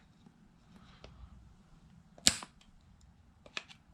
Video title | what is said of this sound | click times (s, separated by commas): 2004 Toyota Sequoia Transmission Leak - Front Yoke | right snapped in all the way | 2.3 s